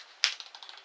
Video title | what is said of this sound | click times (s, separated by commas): Ridgid R82007 12 volt pocket drill demo and review | It ratchet locks. | 0.2 s, 0.4 s, 0.5 s, 0.6 s, 0.7 s